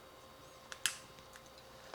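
A Magicshine URBO bike taillight is twisted into its plastic quarter-turn saddle rail mount, giving a soft tick at 0.7 s and then a sharp click at 0.9 s as it locks in place. Fainter ticks follow at 1.4 s and 1.9 s over a quiet, steady background hum.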